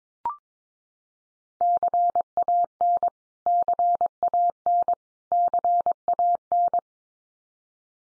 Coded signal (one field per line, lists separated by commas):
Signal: Morse code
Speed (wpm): 22 wpm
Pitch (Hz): 700 Hz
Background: none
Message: CAN CAN CAN